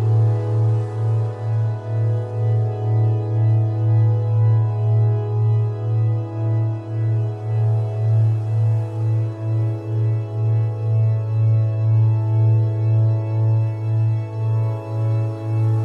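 Delta binaural beats: a steady low hum that swells and fades in a slow, even pulse about twice a second, unchanged for the whole stretch. Softer sustained tones sit above it, with a faint airy hiss underneath.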